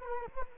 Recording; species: mosquito wingbeat signal from an infrared sensor; Culex quinquefasciatus